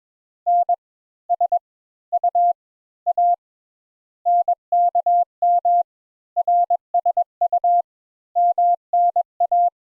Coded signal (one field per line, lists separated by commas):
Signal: Morse code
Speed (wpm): 21 wpm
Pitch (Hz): 700 Hz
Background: none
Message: N S U A NKM RSU MNA